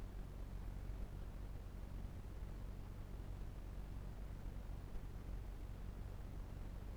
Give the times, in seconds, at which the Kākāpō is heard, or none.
none